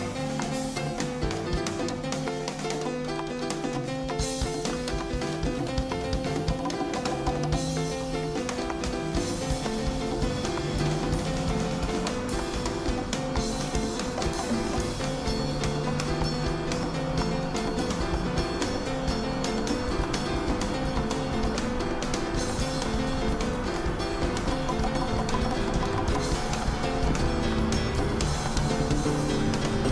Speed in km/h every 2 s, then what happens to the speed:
7, 7, 14, 28, 38, 45, 49, 56, 61, 65, 68, 72, 76, 76, 77.
0-24 speeds up to 76. 24-30 steady at about 76.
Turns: none.